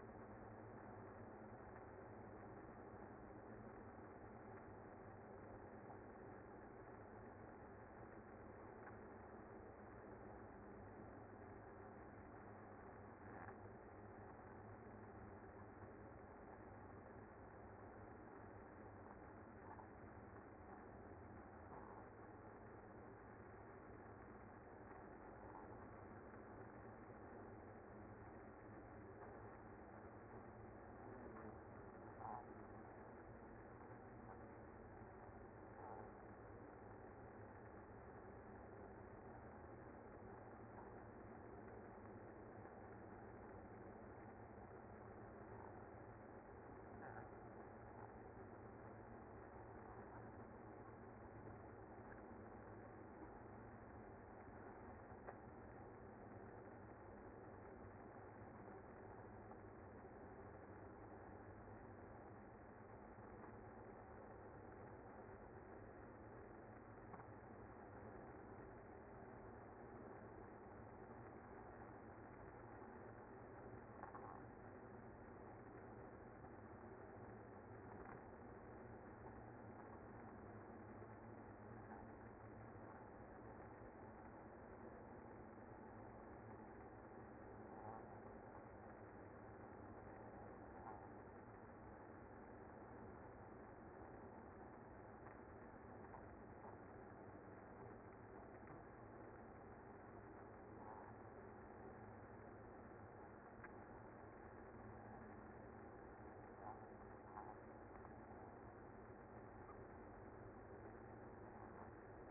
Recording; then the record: honeybee colony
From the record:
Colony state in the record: active